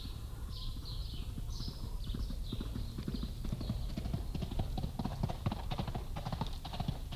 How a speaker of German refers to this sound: Das ist Miguel Paramos Pferd, das zur Medialuna galoppiert.